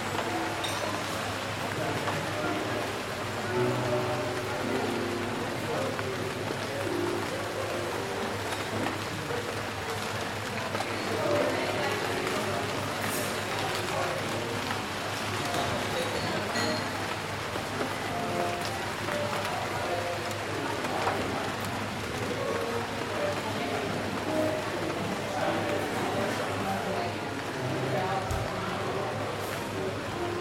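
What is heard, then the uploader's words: Friendly chatter fills a rainy coffee shop, a dense, steady wash of overlapping voices that never drops out. Rain patters underneath throughout, with small bright clinks of cups scattered here and there, and a low, constant hum beneath it all. Rainy Day Coffee Shop.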